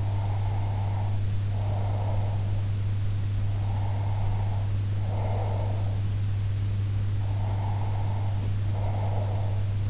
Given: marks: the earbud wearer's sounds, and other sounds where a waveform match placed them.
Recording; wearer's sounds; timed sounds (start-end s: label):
sounds in sleep by an in-ear microphone; breath
0.00-2.71 s: breath
3.48-6.06 s: breath
7.20-9.66 s: breath